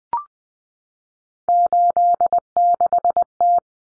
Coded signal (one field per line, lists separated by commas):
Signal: Morse code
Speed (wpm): 20 wpm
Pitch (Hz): 700 Hz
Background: none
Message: 86T